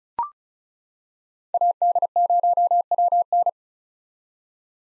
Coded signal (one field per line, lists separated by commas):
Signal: Morse code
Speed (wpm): 34 wpm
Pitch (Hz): 700 Hz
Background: none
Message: AD0WN